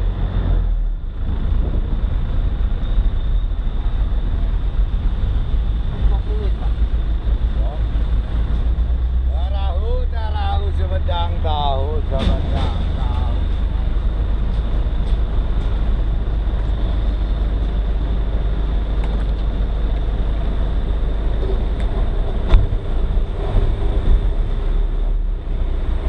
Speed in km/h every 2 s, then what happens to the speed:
10, 7, 4, 4, 5, 3, 4, 3, 3, 0, 3, 7, 6.
0-4 slows to 4. 4-18 steady at about 3. 18-20 standing. 20-26 steady at about 6.